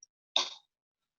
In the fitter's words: there it was i heard that so it clicked right so it's nice and clicked it's